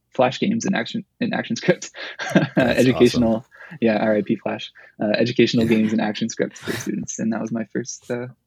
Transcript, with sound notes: Flash games and action, and ActionScript (laugh) Educational, yeah, RAP Flash, educational games and ActionScript for students, and that was my first, I don't